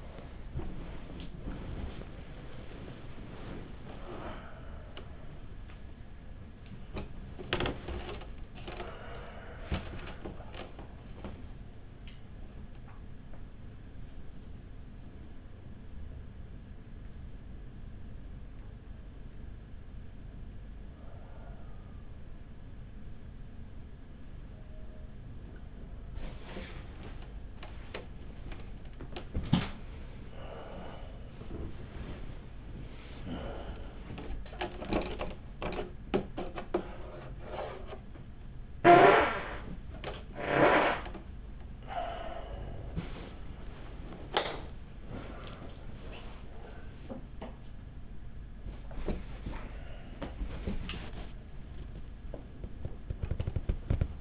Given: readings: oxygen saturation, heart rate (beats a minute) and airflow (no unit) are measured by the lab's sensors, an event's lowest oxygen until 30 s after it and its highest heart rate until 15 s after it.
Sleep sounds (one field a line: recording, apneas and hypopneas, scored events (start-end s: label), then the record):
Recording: a person awake in a sleep study, by a smartphone at the bedside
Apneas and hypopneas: none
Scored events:
0.00-54.21 s: awake
From the record:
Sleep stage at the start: awake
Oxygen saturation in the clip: 96 to 98%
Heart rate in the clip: 46 to 79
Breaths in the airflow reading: 10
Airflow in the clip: -6.4 to 8.3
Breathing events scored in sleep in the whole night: 207 in 7.6 hours asleep